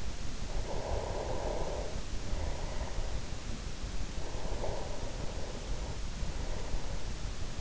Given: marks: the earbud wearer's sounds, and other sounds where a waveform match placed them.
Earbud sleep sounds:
sounds in sleep by an in-ear microphone; breath
0.39-3.84 s: breath
4.10-7.61 s: breath

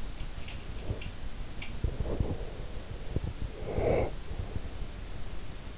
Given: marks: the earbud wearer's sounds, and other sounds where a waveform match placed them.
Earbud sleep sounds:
sounds in sleep by an in-ear microphone; breath
0.00-1.71 s: sound from someone else or the room
1.86-4.94 s: breath

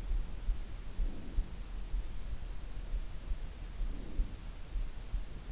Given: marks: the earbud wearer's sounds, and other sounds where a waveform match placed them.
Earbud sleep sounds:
sounds in sleep by an in-ear microphone; breath
0.85-1.66 s: breath
3.66-4.59 s: breath

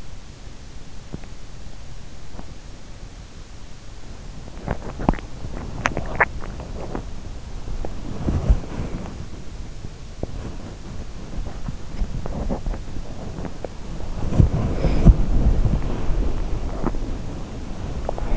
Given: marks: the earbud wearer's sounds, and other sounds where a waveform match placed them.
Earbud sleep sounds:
sounds in sleep by an in-ear microphone; teeth grinding, body movement, breath
0.00-0.52 s: teeth grinding
3.51-6.85 s: teeth grinding
6.65-17.85 s: body movement
17.30-18.37 s: breath

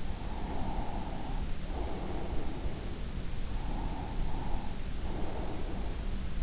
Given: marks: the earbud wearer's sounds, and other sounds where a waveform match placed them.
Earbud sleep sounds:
sounds in sleep by an in-ear microphone; breath
0.00-3.28 s: breath
3.55-6.14 s: breath

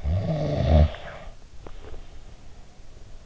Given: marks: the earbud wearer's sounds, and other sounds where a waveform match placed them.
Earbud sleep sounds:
sounds in sleep by an in-ear microphone; snoring breath
0.03-3.25 s: snoring breath

